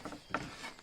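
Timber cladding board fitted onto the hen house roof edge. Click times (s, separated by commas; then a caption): 0.4 s. A cut timber cladding or trim board, which is decorative, is pushed over the top edge of a hen house roof, producing scraping, rubbing wood sounds. A sharp click at 0.3 seconds marks the board locking into place where it was cut in, and the board is seated.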